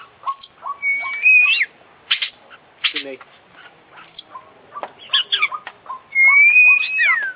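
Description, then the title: Oriental magpie-robin song mixing clear drawn-out whistles with harsh chatter and rapid clicking notes, loud and varied throughout. Indonesian songbird-hobby (kicau mania) kacer; full 'isian' song of a constantly singing (gacor) international champion, used for training other birds. "Kicau Mania - Full Isian Juara Internasional Burung KACER Gacor"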